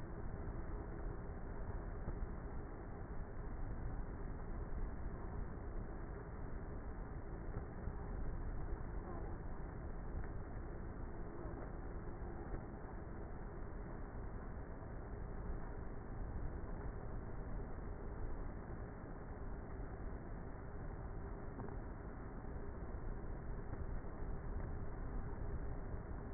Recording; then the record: honeybee colony, microphone inside the hive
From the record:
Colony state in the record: queenless with a low population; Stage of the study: before two queens were removed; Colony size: about 30,000 bees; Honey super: no